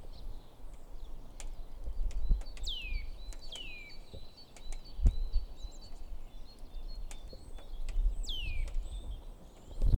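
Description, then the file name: Eurasian nuthatch calling with sharply descending whistled notes, a pair early and one later, over strong low rumbling noise and scattered clicks. "Sitta europaea"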